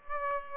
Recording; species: mosquito wingbeat signal from an infrared sensor; Aedes aegypti